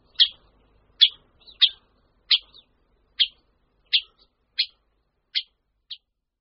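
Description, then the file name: Syrian woodpecker giving a steady series of sharp, high 'kik' notes, with a few softer notes between. "Strakapoud-jižní"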